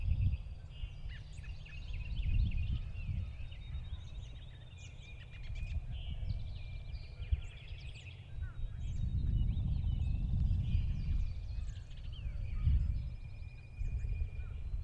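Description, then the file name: Birds calling: a busy mix of short chirps, clicks and trills, with swelling low rumbling noise underneath. Field birds near a lake in early spring, 1 April 2017, recorded with an SD 702. "Early Spring Field Birds Near Lake April 1 st 2017 SD 702"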